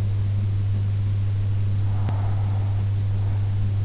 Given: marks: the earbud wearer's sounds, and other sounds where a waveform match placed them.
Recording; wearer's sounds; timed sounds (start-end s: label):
sounds in sleep by an in-ear microphone; breath
1.30-3.30 s: breath